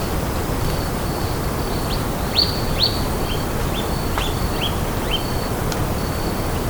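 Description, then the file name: Bird calls: thin, high upslurred chirps and short whistled notes scattered throughout, over a loud, steady, low rumbling background noise. "SABIOD 50 bird 2015"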